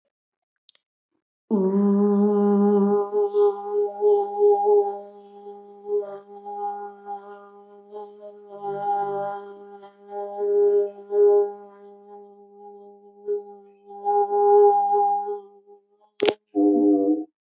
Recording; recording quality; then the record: sustained vowel as in boot; excellent, no background noise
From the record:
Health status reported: healthy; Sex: female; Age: 31 years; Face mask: not worn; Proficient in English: yes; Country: India